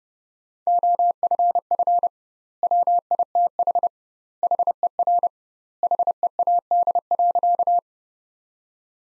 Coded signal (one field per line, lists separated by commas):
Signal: Morse code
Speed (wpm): 30 wpm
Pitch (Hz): 700 Hz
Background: none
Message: OFF WITH HER HEAD.